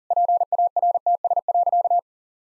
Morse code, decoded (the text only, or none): PARTS.